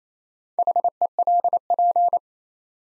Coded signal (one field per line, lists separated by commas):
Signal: Morse code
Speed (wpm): 27 wpm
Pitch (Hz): 700 Hz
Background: none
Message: HELP